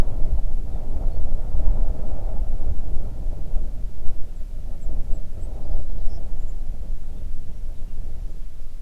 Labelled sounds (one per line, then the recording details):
songbird
wind
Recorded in the Arctic National Wildlife Refuge, Alaska, on 3 June 2019 at 04:32
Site 37